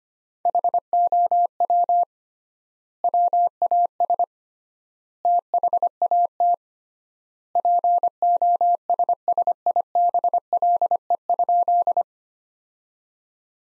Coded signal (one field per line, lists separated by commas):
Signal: Morse code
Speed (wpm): 25 wpm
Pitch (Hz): 700 Hz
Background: none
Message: HOW WAS THAT POSSIBLE?